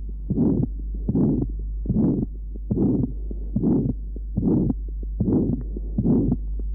A ventricular septal defect. Recording taken at left sternal edge. Note the pansystolic murmur at this area.